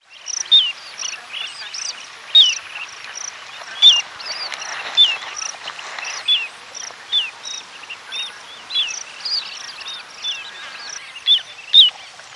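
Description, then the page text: Little ringed plover calling: short, high notes repeated many times over a busy background of fainter sounds and steady hiss. "Little Ringed Plover Calls. Quick Sounds"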